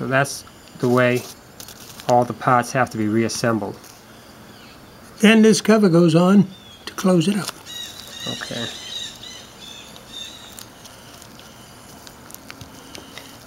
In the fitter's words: that just snaps in place.